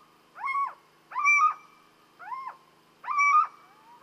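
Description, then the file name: Little owl calling with a run of nasal, downward-curving yelps, each under half a second. "Chouette cheveche"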